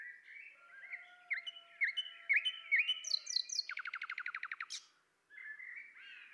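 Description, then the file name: Common nightingale phrase of several repeated whistled notes, then a rapid, even rattle of around a dozen notes, then quiet twittering. "Luscinia megarhynchos"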